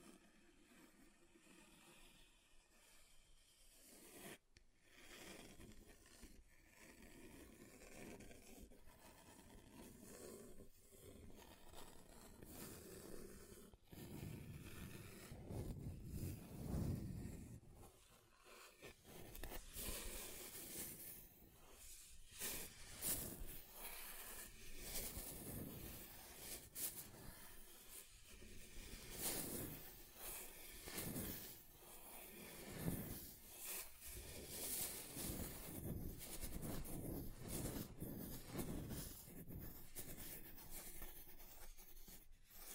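Scratching on a table, rubbing and scraping across different surfaces in irregular strokes. The first seconds are quieter and sparse, then from about fifteen seconds the scrapes grow louder, denser and brighter, with rough hissing bursts and occasional sharp knocks.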